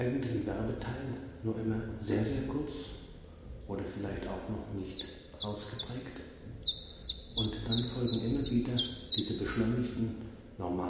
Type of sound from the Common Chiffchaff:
song